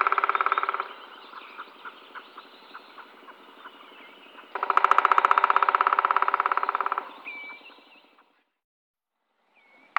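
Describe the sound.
Black woodpecker drumming in two rapid rolls of knocks, the second louder and longer, over a steady background hum and a few other sounds.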